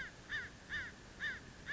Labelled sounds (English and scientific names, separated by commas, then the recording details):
American Crow (Corvus brachyrhynchos)
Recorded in Sonoma County, California